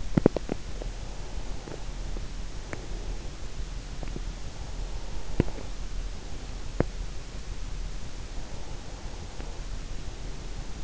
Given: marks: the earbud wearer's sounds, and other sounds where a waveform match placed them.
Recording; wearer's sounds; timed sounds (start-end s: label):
sounds in sleep by an in-ear microphone; teeth grinding, breath
0.00-0.71 s: teeth grinding
0.00-3.63 s: breath
4.48-6.82 s: breath
5.13-7.21 s: teeth grinding
8.64-10.84 s: breath